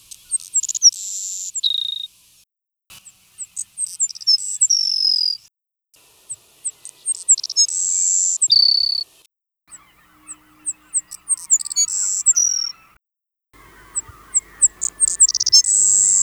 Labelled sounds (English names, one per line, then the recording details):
Savannah Sparrow song
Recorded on Kent Island, New Brunswick, in 1980